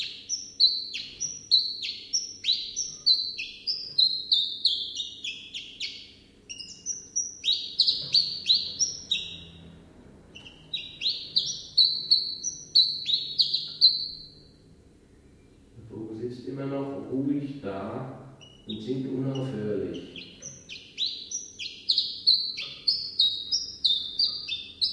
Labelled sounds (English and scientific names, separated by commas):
Common Chiffchaff (Phylloscopus collybita)